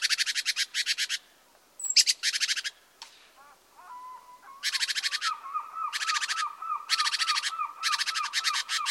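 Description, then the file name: Great tit harsh, buzzy churring calls in rapid rattling bursts, with quieter repeated low whistled notes in the second half. "Parus major"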